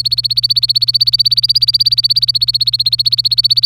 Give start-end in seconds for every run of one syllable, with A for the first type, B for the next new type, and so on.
0.00-3.65 A